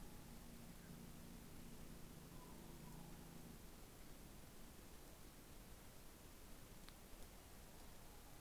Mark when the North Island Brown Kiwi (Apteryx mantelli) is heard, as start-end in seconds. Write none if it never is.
none